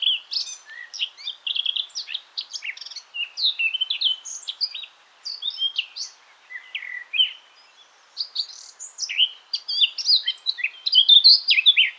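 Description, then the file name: Eurasian blackcap warbling in rapid, varied phrases of chirps, trills and whistles, with short gaps between bursts. "Sylvia atricapilla"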